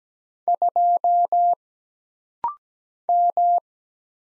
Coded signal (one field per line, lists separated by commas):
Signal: Morse code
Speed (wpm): 17 wpm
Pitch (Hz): 700 Hz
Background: none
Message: 2 M